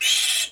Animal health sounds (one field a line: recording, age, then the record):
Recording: pig call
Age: piglet (1 to 25 days)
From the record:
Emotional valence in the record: negative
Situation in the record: castration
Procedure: castration, shear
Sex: male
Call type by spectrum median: high-frequency call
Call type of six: high-frequency modulated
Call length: 0.52 s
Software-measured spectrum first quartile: 3191 Hz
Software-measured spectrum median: 4514 Hz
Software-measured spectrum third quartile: 7965 Hz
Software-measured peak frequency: 3258 Hz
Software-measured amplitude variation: 107 dB a second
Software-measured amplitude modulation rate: 16.4 a second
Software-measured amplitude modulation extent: 6.5 dB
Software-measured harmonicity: 1.0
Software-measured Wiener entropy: -1.93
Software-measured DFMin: 855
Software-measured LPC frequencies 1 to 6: 2596, 3245, 3918, 5439, 6402, 7551 Hz